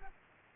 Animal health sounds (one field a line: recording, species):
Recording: mosquito wingbeat signal from an infrared sensor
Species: Culex quinquefasciatus